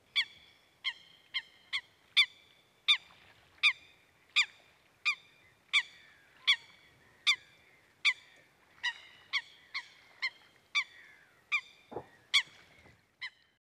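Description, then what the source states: Eurasian coot calling in a long series of many sharp, metallic notes at a quick, somewhat uneven pace, with one low thud near the end. Coot recorded at a bird lake in Parikkala, Finland.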